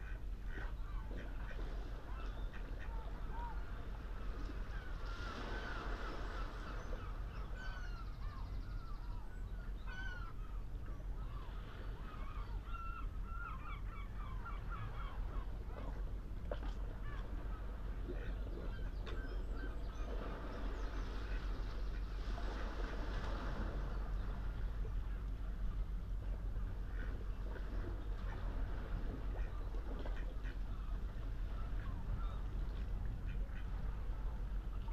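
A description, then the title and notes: A calm early-morning sea laps steadily close by, with a low constant wash, while ducks and other birds call in bursts around the middle. Early morning below Nothe Fort. The sound-scene is of a smooth, sunrise sea, heard from a tree, growing up out of a bundle of boulders, close to the water's edge. It's early April, and just after daybreak. The Lento kit is in the tree, capturing the wide spatial quiet of this place with nobody about, right beside Nothe Fort in Weymouth on the south coast of England. Ahead, looking south, the sea.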